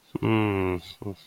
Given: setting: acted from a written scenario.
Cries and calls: vocal sound without words; sympathy

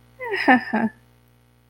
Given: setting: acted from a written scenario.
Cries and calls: vocal sound without words; elation

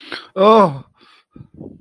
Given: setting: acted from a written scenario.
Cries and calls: vocal sound without words; embarrassment

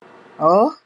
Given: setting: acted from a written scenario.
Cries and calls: vocal sound without words; negative surprise

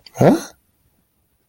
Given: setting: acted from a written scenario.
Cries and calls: vocal sound without words; confusion

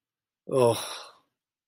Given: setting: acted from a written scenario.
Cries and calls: vocal sound without words; embarrassment

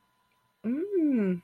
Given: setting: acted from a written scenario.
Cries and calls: vocal sound without words; awe

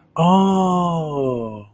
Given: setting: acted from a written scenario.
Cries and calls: vocal sound without words; realization

